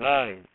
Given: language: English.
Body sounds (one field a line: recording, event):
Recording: throat vibration sensor signal played as sound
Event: speech